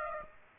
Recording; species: mosquito wingbeat signal from an infrared sensor; Aedes aegypti